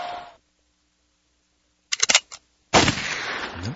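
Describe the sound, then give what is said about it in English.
A gunshot sound effect played on a radio show: a quick cluster of sharp metallic clicks, then a brief pause and a single loud gunshot blast whose harsh, noisy tail lingers to the end. No voices are heard. “That would be a thank you, Jesus, and a gunshot.”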